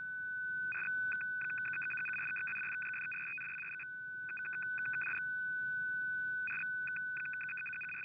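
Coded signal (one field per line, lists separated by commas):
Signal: numbers station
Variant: F06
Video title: F06 14356kHz 15:40UTC - Digital Number Station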